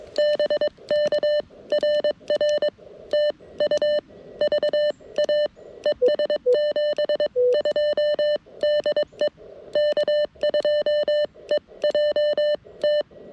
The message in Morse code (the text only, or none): BK RR TU VA ES 72 DE K2EJT